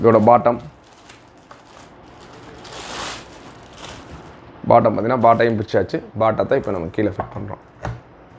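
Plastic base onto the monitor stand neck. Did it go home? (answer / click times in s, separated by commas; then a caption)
no / none. Someone talks while handling the plastic base of a Dell D1918H 18.5-inch monitor, positioning it to fit onto the bottom of the stand neck, with brief handling knocks and rustles between the speech. Nothing has seated or clicked yet; the clip ends just before the base snaps home.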